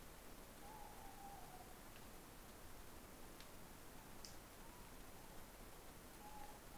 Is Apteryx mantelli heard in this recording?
no